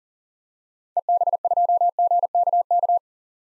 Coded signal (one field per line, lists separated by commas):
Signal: Morse code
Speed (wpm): 40 wpm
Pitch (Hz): 700 Hz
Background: none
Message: EB2GKK